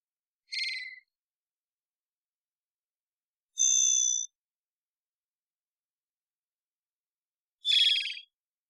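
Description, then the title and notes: Varied thrush song: three separate buzzy whistled notes on different pitches, spaced roughly three to four seconds apart, with silence between them. Immature, possibly juvenile bird giving an odd song like warming-up practice; Pacific Northwest, Washington, United States; parabolic microphone, processed for clarity. "Varied Thrush - Immature. Varied Thrush, Ixoreus naevius, song, odd, like warming-up practice, perhaps juvenile. Pacific Northwest, Washington, United States"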